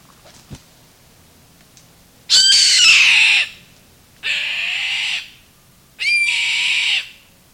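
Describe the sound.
Bird giving harsh, hissing screeches, three rasping calls about a second long each, spaced roughly two seconds apart, after a faint click.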